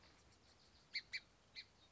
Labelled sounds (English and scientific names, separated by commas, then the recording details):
Song Sparrow (Melospiza melodia)
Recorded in Sonoma County, California